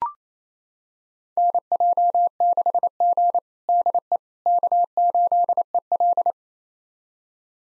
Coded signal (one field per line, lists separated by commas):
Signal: Morse code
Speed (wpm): 28 wpm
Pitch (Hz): 700 Hz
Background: none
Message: NJ6G DE K8EL